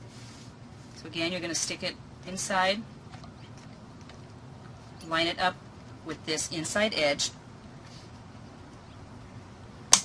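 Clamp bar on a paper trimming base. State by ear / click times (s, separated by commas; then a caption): seated / 9.9 s. Someone talks while paper is lined up in a MyWrapper Platinum paper wrapper cutter, then the plastic clamp bar on the paper trimming base is pressed down over the lined-up paper. A single sharp, loud snap is heard at 9.9 s as the clamp bar locks down and seats.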